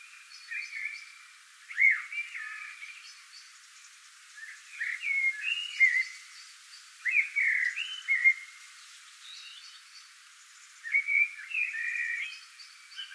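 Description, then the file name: Common blackbird singing mellow, warbling whistled phrases with faint high twitters, in four bursts separated by short silences. "Turdus merula"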